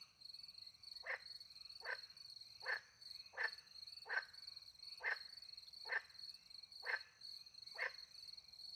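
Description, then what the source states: Frog calls, a regular string of short croaks roughly every second, against a continuous high-pitched cricket trill. Frogs with crickets at night in the countryside by a little pond, France; microphones hidden in a tree near the pond; two Usi pro microphones into a Mixpre 10 II recorder.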